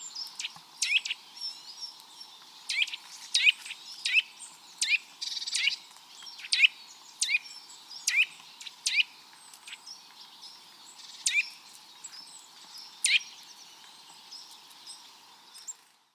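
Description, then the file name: Eurasian nuthatch calling with brief, high, clipped notes, sometimes paired, scattered irregularly throughout above a faint constant hum. "Sitta europaea"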